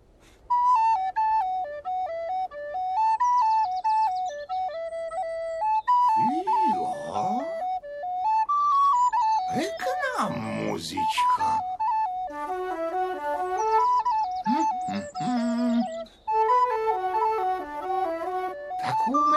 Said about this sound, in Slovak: Aspoň moja píšťalka nech ma rozveselí a dodá odvahy.